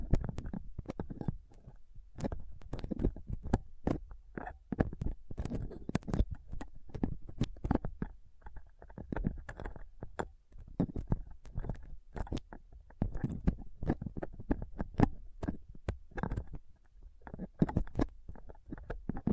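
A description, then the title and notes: A dental pick, tweezers and a cotton swab scrape and pick at a microphone, making a dense, irregular stream of sharp clicks, ticks and scratchy rubs. Hits come several per second with no steady rhythm, over a low muffled rumble of handling. ASMR Rough Mic Picking using Dental PickTweezersCotton Swab (No Talking).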